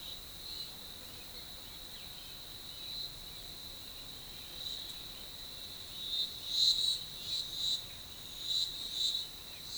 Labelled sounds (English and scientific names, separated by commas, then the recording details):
none
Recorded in forest near Pivijay, Magdalena, Colombia, on 18 April 2023 at 13:30
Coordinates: 10.467, -74.380
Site Z5-G034